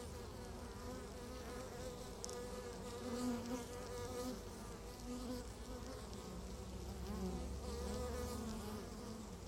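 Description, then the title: Honey bees humming in a dense continuous drone, overlapping wingbeats rising and falling slightly with no pauses. Beehive at Laren, Gelderland, Netherlands, recorded 17 July 2015; not a binaural recording. "Beehive. Bijenkorf (Laren Gld., July 17th 2015)"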